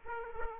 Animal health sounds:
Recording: mosquito wingbeat signal from an infrared sensor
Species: Aedes aegypti

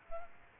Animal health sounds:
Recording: mosquito wingbeat signal from an infrared sensor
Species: Culex quinquefasciatus

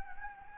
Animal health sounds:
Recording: mosquito wingbeat signal from an infrared sensor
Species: Anopheles gambiae

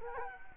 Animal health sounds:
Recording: mosquito wingbeat signal from an infrared sensor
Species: Culex quinquefasciatus

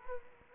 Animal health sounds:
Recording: mosquito wingbeat signal from an infrared sensor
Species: Culex quinquefasciatus

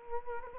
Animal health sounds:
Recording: mosquito wingbeat signal from an infrared sensor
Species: Culex quinquefasciatus

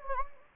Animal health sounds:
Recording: mosquito wingbeat signal from an infrared sensor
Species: Anopheles gambiae

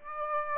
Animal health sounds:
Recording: mosquito wingbeat signal from an infrared sensor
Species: Aedes aegypti

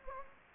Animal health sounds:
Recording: mosquito wingbeat signal from an infrared sensor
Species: Anopheles gambiae

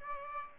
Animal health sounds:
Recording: mosquito wingbeat signal from an infrared sensor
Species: Aedes aegypti

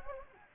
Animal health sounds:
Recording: mosquito wingbeat signal from an infrared sensor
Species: Anopheles gambiae

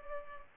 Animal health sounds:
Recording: mosquito wingbeat signal from an infrared sensor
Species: Culex pipiens

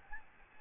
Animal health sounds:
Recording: mosquito wingbeat signal from an infrared sensor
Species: Aedes albopictus

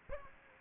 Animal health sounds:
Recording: mosquito wingbeat signal from an infrared sensor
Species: Aedes aegypti

